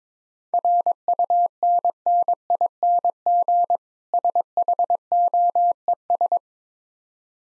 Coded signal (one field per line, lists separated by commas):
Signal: Morse code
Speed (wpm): 22 wpm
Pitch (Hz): 700 Hz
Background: none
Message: RUNNING SHOES